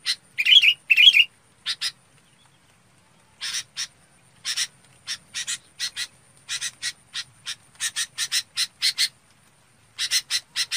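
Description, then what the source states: Red-whiskered bulbul gives two warbled chirps, then a few short harsh notes and, after a quiet gap, a long irregular series of them. Calling the flock.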